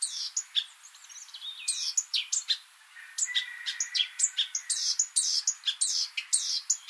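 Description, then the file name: Eurasian Blackcap song: a continuous run of rapid scratchy chirps and warbled notes, with some quieter twittering behind. "Sylvia atricapilla"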